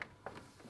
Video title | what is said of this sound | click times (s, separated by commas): Samsung SlimFit 2024 Wall Mount Install, custom fit on Samsung S90D OLED | can hear it click | 0.0 s